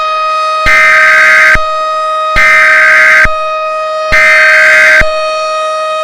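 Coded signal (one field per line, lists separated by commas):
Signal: Emergency Alert System (SAME) tones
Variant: header bursts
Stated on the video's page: Mock EAS tones.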